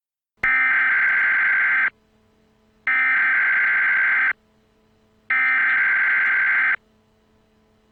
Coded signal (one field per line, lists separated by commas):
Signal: Emergency Alert System (SAME) tones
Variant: header bursts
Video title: EAS| Barney Error Mock